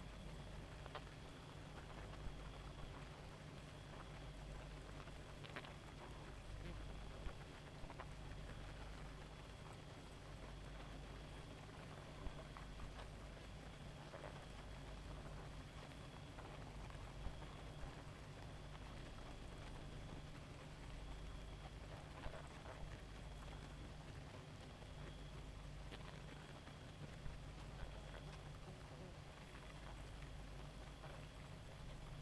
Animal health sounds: honeybee colony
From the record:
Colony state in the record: active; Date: 28 July 2017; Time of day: 1:21

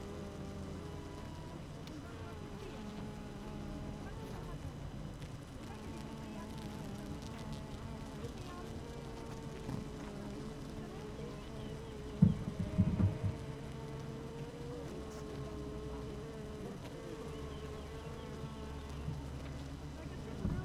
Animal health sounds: honeybee colony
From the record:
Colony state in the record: active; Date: 12 June 2018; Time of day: 8:02

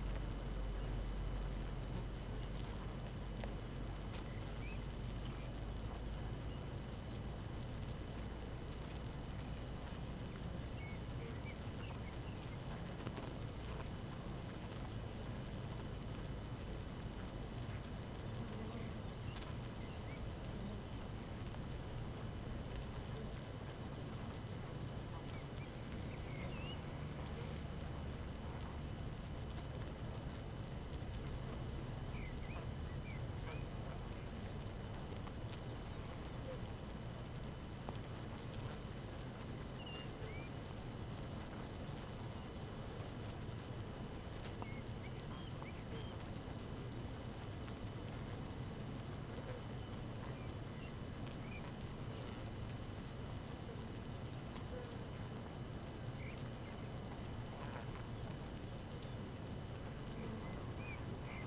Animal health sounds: honeybee colony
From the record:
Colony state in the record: active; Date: 12 June 2018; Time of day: 5:25

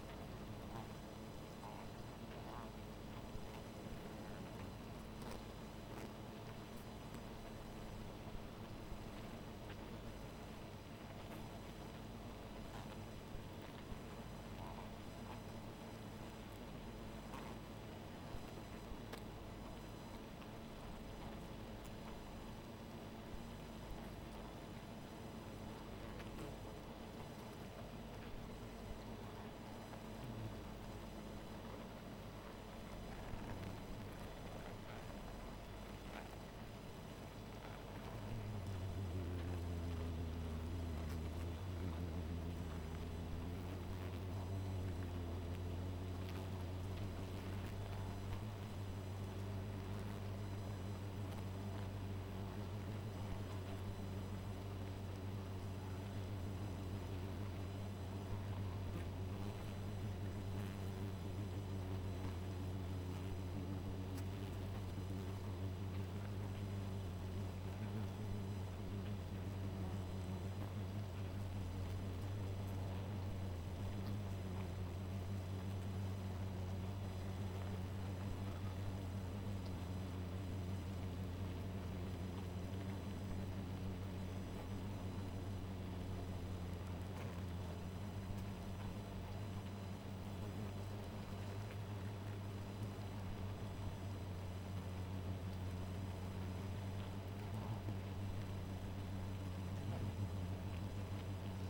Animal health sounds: honeybee colony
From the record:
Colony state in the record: missing queen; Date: 14 July 2017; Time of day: 1:30

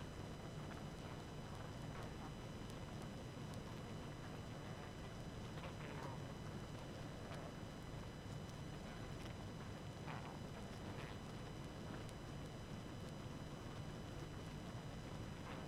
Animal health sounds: honeybee colony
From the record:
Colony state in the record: active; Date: 12 June 2018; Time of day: 22:54

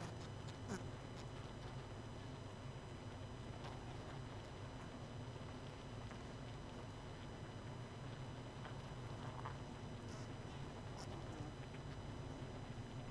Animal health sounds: honeybee colony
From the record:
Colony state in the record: missing queen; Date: 31 May 2018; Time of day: 23:13

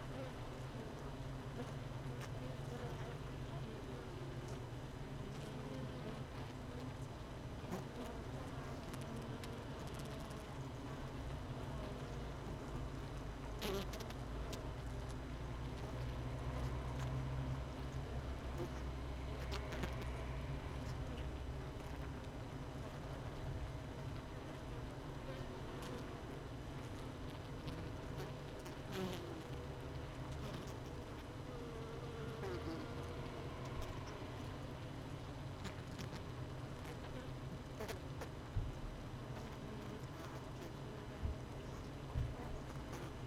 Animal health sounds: honeybee colony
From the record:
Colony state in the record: missing queen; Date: 31 May 2018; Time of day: 16:55

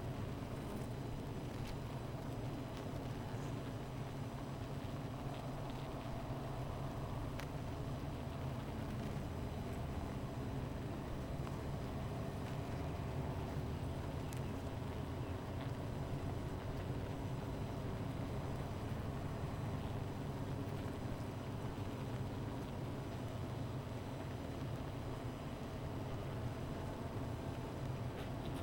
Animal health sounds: honeybee colony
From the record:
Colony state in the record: missing queen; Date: 14 July 2017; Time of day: 16:06

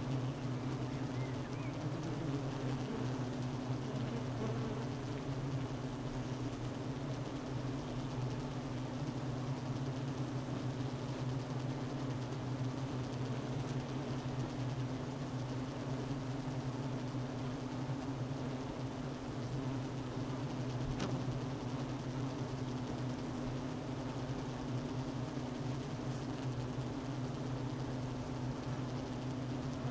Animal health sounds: honeybee colony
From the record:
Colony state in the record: missing queen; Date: 31 May 2018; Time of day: 12:36

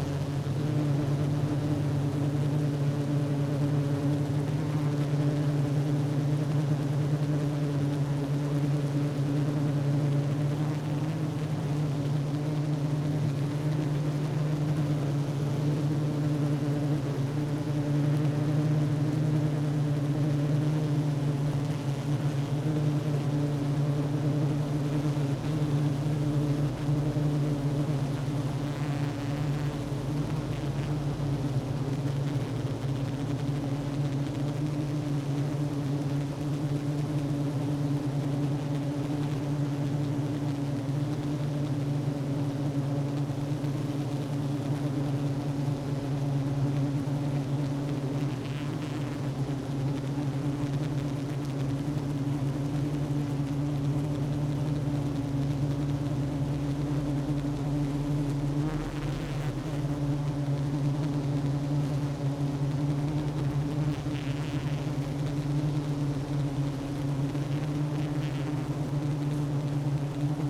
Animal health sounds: honeybee colony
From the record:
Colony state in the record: active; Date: 12 June 2018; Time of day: 10:24

